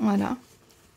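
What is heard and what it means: Someone talks briefly over the first third of a second while handling a cloth insert with a press stud, about to snap it onto the front of a washable Totsbot TE2 diaper. Afterward there is only low room noise with a faint, short tick near 0.7 s. The second insert has not snapped on yet, and nothing has seated or clicked.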